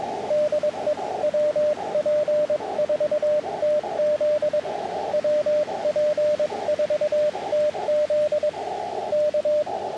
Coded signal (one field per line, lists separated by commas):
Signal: Morse code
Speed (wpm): 22 wpm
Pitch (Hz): 600 Hz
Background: radio noise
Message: DE WP4TZ WP4TZ K